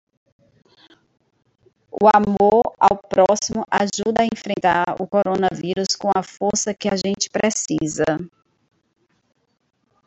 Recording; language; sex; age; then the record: spoken sentence; Brazilian Portuguese; female; 50 to 59 years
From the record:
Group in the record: control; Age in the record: 54 years